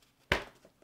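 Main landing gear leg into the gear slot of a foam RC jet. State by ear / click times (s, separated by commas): seated / 0.3 s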